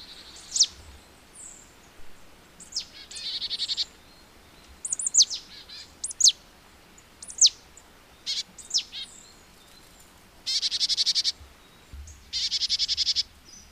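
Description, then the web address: Marsh tit calling: scattered clear, high, sharp notes, then two longer dry buzzy rattles near the end, over a soft low hum. "agykontroll Madardalok Cd 1. Barátcinege"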